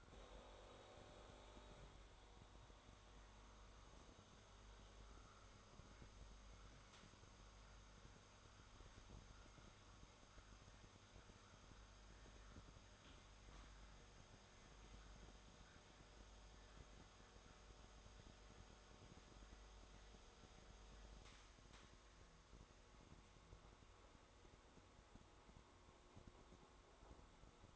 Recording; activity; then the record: daily activity, microphone in the room; make coffee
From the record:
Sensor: 3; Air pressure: 1004.2 hPa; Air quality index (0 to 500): 199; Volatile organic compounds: 15 ppm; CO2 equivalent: 2497 ppm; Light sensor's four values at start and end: 4/12/4/4 and 4/12/4/4